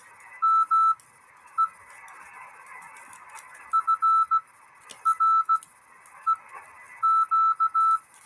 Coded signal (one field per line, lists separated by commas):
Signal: Morse code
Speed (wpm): 16 wpm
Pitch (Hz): 1320 Hz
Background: none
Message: ME FREQ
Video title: 1 transistor 200mW CW on 3.5 MHz. Any contacts?